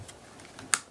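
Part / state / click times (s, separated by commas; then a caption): magnetic disc closure on a scrapbook page flap / seated / 0.7 s. A paper scrapbook page flap with a magnetic disc closure is closed, with a faint soft tap at 0.6 s before the magnets snap together in one sharp, bright click at 0.7 s. The flap ends up closed, held shut by the magnets.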